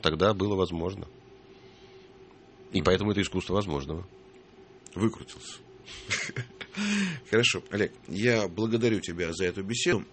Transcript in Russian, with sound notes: Тогда было возможно. И поэтому это искусство возможного. (смеется)
Хорошо. Олег, я благодарю тебя за эту беседу.